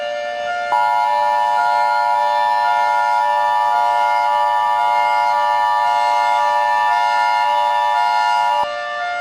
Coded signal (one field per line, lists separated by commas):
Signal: Emergency Alert System (SAME) tones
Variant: 853 and 960 Hz attention tone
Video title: The Dog!: An EAS Scenario